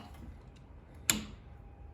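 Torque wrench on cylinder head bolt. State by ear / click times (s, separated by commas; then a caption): torque reached / 1.1 s. A digital torque wrench set to 370 inch-pounds (31 foot-pounds) tightens a cylinder head bolt on a small Kohler Courage engine. After a quiet stretch, a single sharp click sounds at 1.1 s, showing the wrench has reached its set torque before work moves to the next bolt in the sequence.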